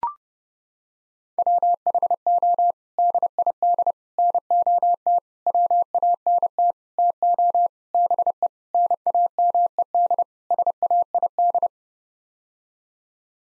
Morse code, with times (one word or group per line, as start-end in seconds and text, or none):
1.4-2.7 WHO
3.0-3.9 DID
4.2-5.2 NOT
5.5-6.7 WANT
7.0-7.7 TO
7.9-8.5 BE
8.7-10.2 NAMED
10.5-11.7 SAID